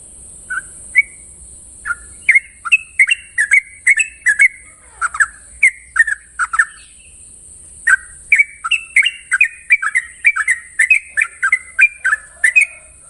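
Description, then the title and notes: Yellow-vented Bulbul song in two long bursts of bubbly whistled notes, a short gap between, with a persistent high hiss and faint low rumble. Recording intended as a master for training other birds; song style called ropel panjang, a long trill. "Masteran Trucukan Ropel Panjang. Kicau Burung Trucukan"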